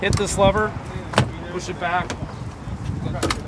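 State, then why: Seated. A retractable soft-top roof on a 2021 Ford Bronco Big Bend Edition is opened by pulling the rear roof lever and pushing the section back on the SUV roof frame while someone talks. Two sharp clicks at 3.2 s and 3.3 s mark the roof latching into its open position, locked into place.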